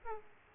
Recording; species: mosquito wingbeat signal from an infrared sensor; Aedes aegypti